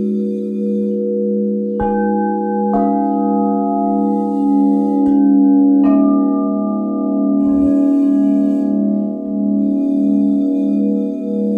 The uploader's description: Alchemy bowls (large crystal bowls)